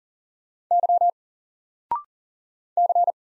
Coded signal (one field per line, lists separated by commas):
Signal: Morse code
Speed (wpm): 40 wpm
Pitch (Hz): 700 Hz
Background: none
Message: Y C